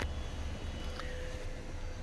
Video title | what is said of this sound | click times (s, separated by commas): 2020 Nissan X-trail ST | that clicks back into place | 0.0 s